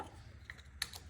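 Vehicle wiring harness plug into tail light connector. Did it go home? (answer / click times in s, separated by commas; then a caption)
no / none. A stock vehicle wiring harness plug is handled at the connector on a new blacked-out JK-to-JL tail light housing, giving a few short, faint plastic ticks near 0.5, 0.8, 1.0 and 1.1 seconds over a low background hum. The plug has not yet seated or clicked in by the end of the clip.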